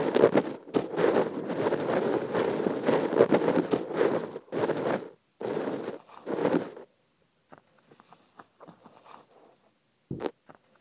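Sesame seeds being poured into an ear make a dense, crackling rustle that runs almost continuously for the first five seconds, then returns in two shorter bursts. After that come sparse, quiet ticks and patters, and one brief loud rustle near the end.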